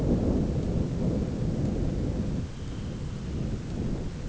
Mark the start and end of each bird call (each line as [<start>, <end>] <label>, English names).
[2.25, 3.63] Dunlin